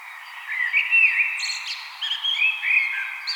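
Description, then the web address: Common blackbird song: mellow fluted warbling phrases ending in higher squeaky twittering notes. "vogelstimmen amsel gesang nabu lars lachmann"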